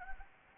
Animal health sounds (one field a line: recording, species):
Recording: mosquito wingbeat signal from an infrared sensor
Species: Anopheles gambiae